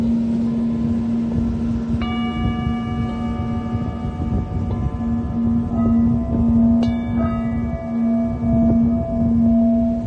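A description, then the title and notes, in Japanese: Singing bowls are struck around two and seven seconds, their bright tones ringing and slowly fading over a steady low hum and rumble. メキシコから シンギングボウルのサウンドヒーリング ライブ。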